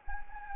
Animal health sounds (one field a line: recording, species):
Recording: mosquito wingbeat signal from an infrared sensor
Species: Anopheles gambiae